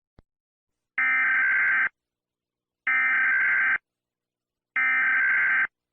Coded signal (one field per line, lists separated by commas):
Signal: Emergency Alert System (SAME) tones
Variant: header bursts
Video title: EAS Scenario: China bombed Philippines